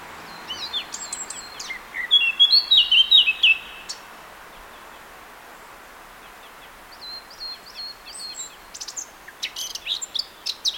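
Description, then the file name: Eurasian blackcap giving short bursts of chirping and clear whistled warbling phrases over a steady hiss of background noise, with quiet gaps between phrases. "Sylvia atricapilla"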